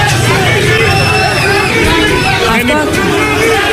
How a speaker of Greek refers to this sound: Εφεκτός με αποδοκιμασίες, το έχουν πετάξει αυγά, καφέδες και νερά, καθώς κάποιοι εργαζόμενοι έχουν πετάξει σκουπίδια και στην είσοδο του Υπουργείου που έχουν βάλει φωτιά. Βλέπετε τις αποδοκιμασίες του κόσμου.